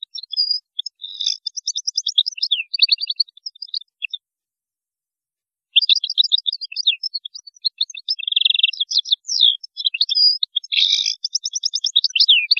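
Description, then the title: European goldfinch singing long, lively twittering phrases of chirps, slurs and brief buzzes, pausing once before resuming. "Chant Chardonneret"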